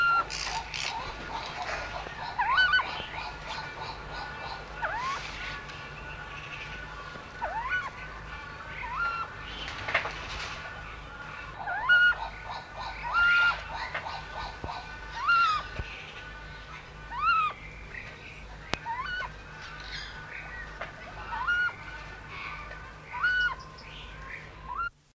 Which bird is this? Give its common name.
Mikado Pheasant